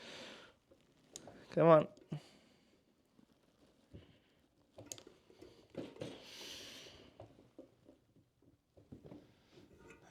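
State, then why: Partly seated. A small ring-shaped clip is deformed by hand so its edges click into the ratchet wheel of a Shimano SLX FH-M7110-B bicycle freehub during assembly. Someone talks over faint handling sounds, and a sharp click is heard at 4.9 s. The clip is in but does not sit fully, only enough.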